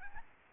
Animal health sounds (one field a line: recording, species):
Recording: mosquito wingbeat signal from an infrared sensor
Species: Aedes albopictus